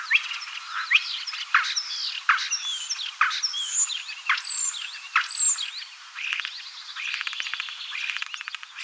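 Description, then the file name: Common starling song: a busy medley of whistles, squeaks and slurred notes, ending in a fast dry rattle. "Skvorec obyknovennyj Sturnus vulgaris - (Zvyki com)"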